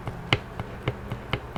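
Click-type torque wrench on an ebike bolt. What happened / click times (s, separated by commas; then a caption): The torque wrench reached its setting and broke with a click / 0.3 s. A click-type torque wrench is tightened on an ebike bolt and reaches its set tension, releasing with a sharp click at 0.3 s. Quieter short ticks follow at about 0.6, 0.9, 1.3 and 1.6 s, and one comes before it at 0.1 s. The wrench has broken at the set torque.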